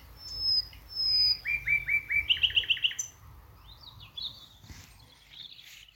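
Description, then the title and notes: Common nightingale song: high thin whistles, then a run of repeated chirps followed by a higher series of bright notes and softer phrases. Nightingales singing from thickets in a Dorset wood, evening as the dew falls, Alners Gorse nature reserve run by Butterfly Conservation, Dorset. "Sound Escape 11: the glorious song of nightingales from a Dorset wood. it's evening at Alners Gorse, a nature reserve in Dorset run by Butterfly Conservation. As the dew falls, the extraordinary song of nightingales rises from the thickets. Recorded by Martin Maudsley"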